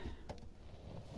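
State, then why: Seated. A plastic part or hose fitting, probably on the pressure switch, is pushed back into place on a Whirlpool washing machine during a cleaning and check. A small sharp click is heard at 0.3 s, with a fainter tick just after, over a low background rumble. The part seats.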